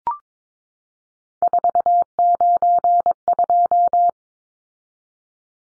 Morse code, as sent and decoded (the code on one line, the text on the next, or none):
....- ----. ..---
492